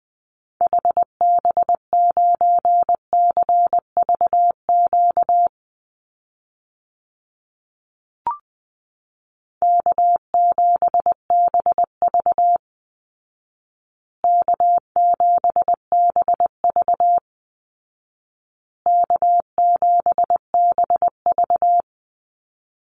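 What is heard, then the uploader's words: Morse code beeps at a single steady mid-high pitch, keyed in quick dots and dashes. Bursts run from the start to about five seconds, then resume in three groups of about three seconds each, separated by silent gaps, with one faint click near eight seconds. First, the callsign is sent 2x in Morse code. Finally, it is sent again in Morse code. Call Signs Repeated 2x - 20wpm.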